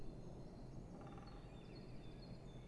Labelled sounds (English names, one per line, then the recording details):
Great Spotted Woodpecker
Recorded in Germany
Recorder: ecoPi